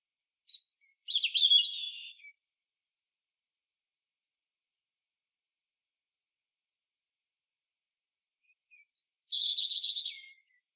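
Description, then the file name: European robin song: a brief high note leading into a rich trilled phrase, then long quiet before a second phrase of fast high notes. "Erithacus rubecula"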